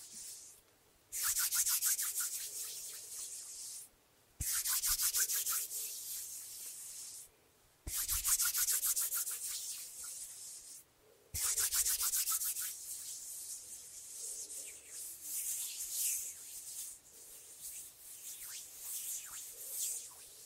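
Hands rub and flutter in repeated bursts, each a bright, dense hissing scrape lasting about three seconds, with quick rhythmic ticks running through it. Short silent gaps separate the first few bursts near 1, 4, 7.5 and 11 seconds; afterward the rubbing continues more unevenly.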